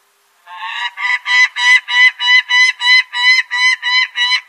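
Peregrine falcon giving harsh, nasal cackling calls, a steady run of loud 'kek' notes about three per second after a brief silence.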